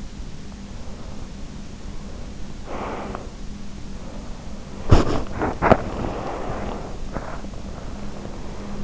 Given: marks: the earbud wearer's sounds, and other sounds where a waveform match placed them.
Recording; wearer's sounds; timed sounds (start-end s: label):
sounds in sleep by an in-ear microphone; breath, body movement
0.49-3.71 s: breath
4.71-8.84 s: body movement